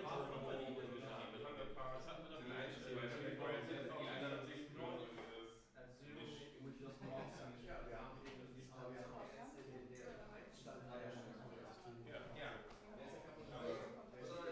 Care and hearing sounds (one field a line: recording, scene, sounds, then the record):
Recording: everyday scene through a hearing-aid microphone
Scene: many people talking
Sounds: many voices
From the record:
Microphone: behind the ear, right, front